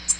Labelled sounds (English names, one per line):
Nashville Warbler flight call